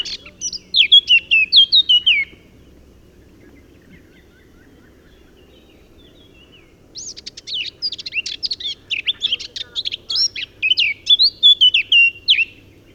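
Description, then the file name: Eurasian blackcap song: a brief warbled burst of high notes, a pause of several seconds, then a longer rich phrase ending in clear fluty descending whistles; steady low background hum. "Sylvia atricapilla"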